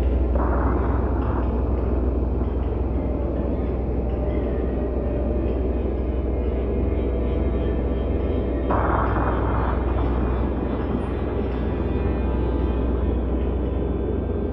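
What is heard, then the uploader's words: Riding a ski chairlift: a steady low rumble and rattling hum throughout, with brief brighter clanking bursts near the start and around nine seconds. Skiing – Chairlift Ride – Recorded on Lift.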